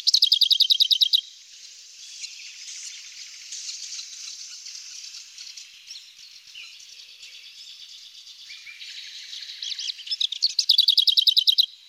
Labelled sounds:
Lesser Whitethroat (Sylvia curruca) song
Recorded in the wild
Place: Nagyivan / Hortobagy, HU
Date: 1988-05-06
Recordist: Schwarz, Dieter
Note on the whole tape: Song

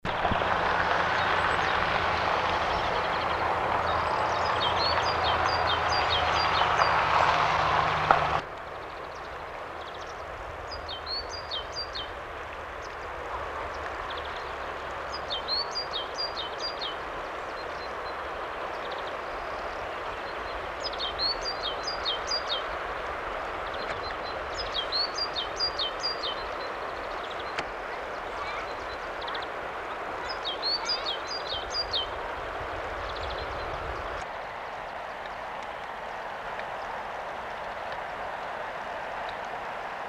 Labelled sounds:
Great Tit (Parus major) song
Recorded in the wild
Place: Oberstdorf, Bayern, DE
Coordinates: 47.4447, 10.2953
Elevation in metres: 862
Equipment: Uher 4000 Report
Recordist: Tretzel, Erwin

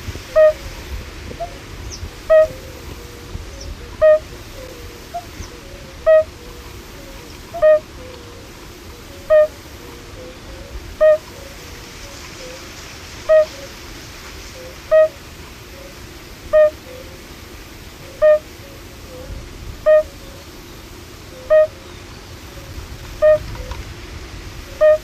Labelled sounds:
Fire-Bellied Toad (Bombina bombina) call
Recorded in the wild
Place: Illmitz, AT
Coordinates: 47.7544, 16.7631
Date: 1964-05-18 16:45
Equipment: Uher Report 4000, AKG D190
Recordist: Krey, Winfried

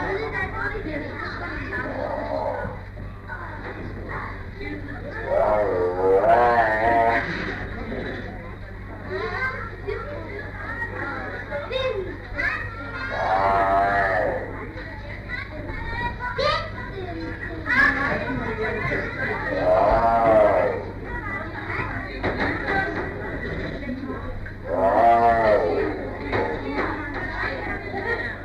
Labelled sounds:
Tiger (Panthera tigris)
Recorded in captivity
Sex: pair
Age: adult
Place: Tierpark Berlin, Berlin, DE
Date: 1959-05-28 10:00
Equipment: Smaragd
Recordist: TSA
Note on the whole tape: Begrüßung zwischen Lissy und Cäsar: Prusten von Lissy, Rufe von Cäsar. Abstand ca. 3 m. Aufnahmezeit: 10-14.30 Uhr

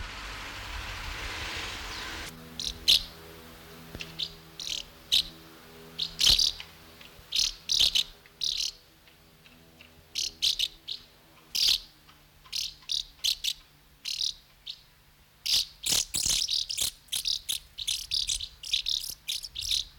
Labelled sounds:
Common House Martin (Delichon urbicum)
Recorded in the wild
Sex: diverse
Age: diverse
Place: Treuchtlingen, Heumöderntal, Bayern, DE
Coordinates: 48.96, 10.91
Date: 1993-09-05 14:04
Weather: 13°C, wechselhaft
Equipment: Marantz CP 430, Sennheiser MKH 416 T, Kopie Uher Variocord 263
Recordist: Tembrock, Günter
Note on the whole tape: Laute aus und an Nestern

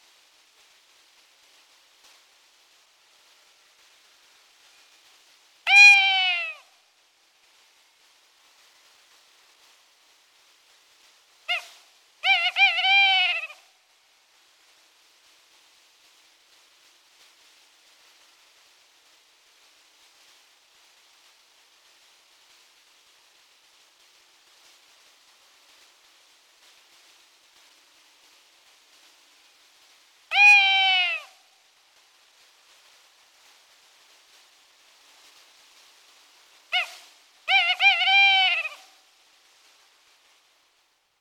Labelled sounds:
Tawny Owl (Strix aluco) song
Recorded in the wild
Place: Buchheim im Breisgau, Baden-Württemberg, DE
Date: 1977-03-31
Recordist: Schwarz, Dieter
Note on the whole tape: Song

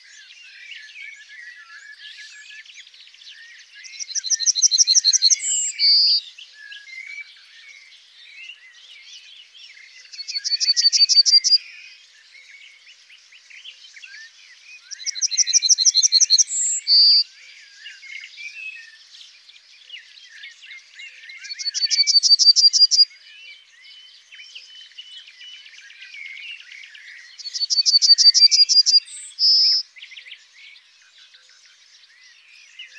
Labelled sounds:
Yellowhammer (Emberiza citrinella) song
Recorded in the wild
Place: Waltershofen / Freiburg im Breisgau, Baden-Württemberg, DE
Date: 2006-06-05
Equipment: MiniDisc Sharp MT 20 H
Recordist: Schwarz, Dieter

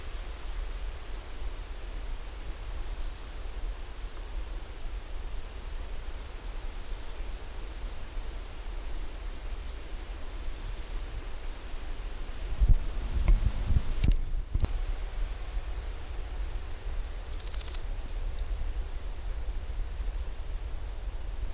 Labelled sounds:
Large Gold Grasshopper (Chrysochraon dispar) stridulation
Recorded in the wild
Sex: male
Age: imago
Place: Groß Dölln, Schorfheide, Brandenburg, DE
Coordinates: 53.01, 13.58
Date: 1996-08-04 11:24
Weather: wechselnd heiter bis wolkig, 15-18°C
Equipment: Sony MD-WM MZ-R3, Sennheiser ME 80, Kopie Uher 4000 Report Monitor
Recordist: Tembrock, Günter

